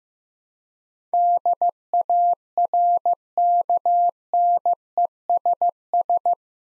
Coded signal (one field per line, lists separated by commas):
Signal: Morse code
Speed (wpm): 15 wpm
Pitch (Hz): 700 Hz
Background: none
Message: DARKNESS